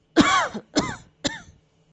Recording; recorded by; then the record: voluntary cough; messaging app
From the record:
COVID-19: negative